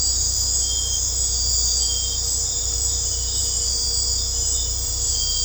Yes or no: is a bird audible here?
no